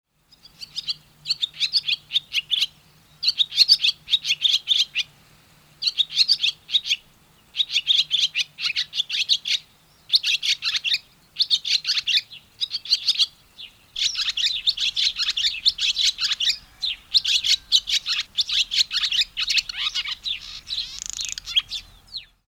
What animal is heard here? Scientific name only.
Hirundo rustica